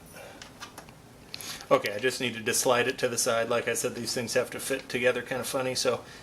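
While reassembling a dishwasher door, a plastic inner door panel piece is slid to the side to line it up with its mating piece in the door assembly, since these parts fit together awkwardly. A few faint handling taps are followed by a sharp snap at 1.3 s as the piece pops into place, and then someone talks.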